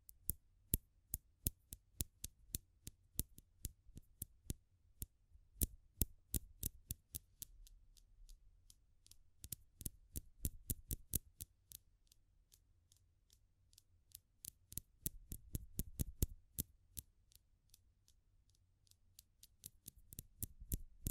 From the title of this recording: Fire Crackling, Tapping, Scratching